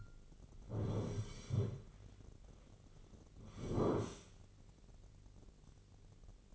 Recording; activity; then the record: daily activity, microphone in the room; sit down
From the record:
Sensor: 4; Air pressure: 1010.0 hPa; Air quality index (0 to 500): 181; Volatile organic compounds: 2 ppm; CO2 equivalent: 1308 ppm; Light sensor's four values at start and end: 40/97/40/43 and 39/97/40/43